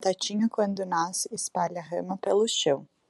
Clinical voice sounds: short text; Brazilian Portuguese; female; 20 to 29 years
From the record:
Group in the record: control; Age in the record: 24 years

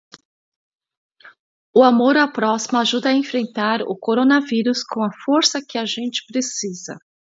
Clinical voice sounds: spoken sentence; Brazilian Portuguese; female; 50 to 59 years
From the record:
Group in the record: control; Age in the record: 52 years

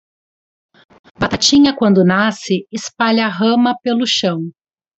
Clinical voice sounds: short text; Brazilian Portuguese; female; 30 to 39 years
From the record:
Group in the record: control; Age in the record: 37 years

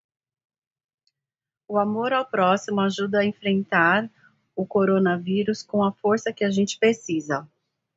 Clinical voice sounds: spoken sentence; Brazilian Portuguese; female; 40 to 49 years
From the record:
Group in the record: control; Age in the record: 46 years

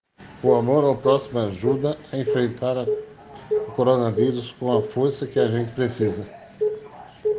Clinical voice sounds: spoken sentence; Brazilian Portuguese; male; 60 to 69 years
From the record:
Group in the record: respiratory insufficiency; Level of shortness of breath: 5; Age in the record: 61 years

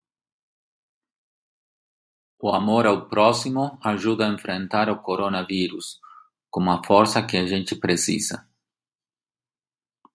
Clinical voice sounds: spoken sentence; Brazilian Portuguese; male; 50 to 59 years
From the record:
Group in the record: control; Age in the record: 52 years

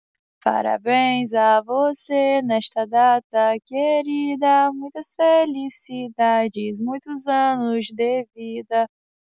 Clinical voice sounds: short text; Brazilian Portuguese; female; 20 to 29 years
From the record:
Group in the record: control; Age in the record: 27 years

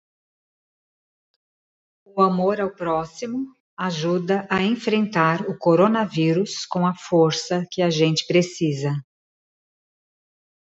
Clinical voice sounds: spoken sentence; Brazilian Portuguese; female; 50 to 59 years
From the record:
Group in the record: control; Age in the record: 54 years

